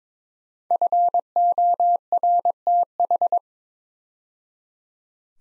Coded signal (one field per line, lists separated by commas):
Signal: Morse code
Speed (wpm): 21 wpm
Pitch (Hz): 700 Hz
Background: none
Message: FORTH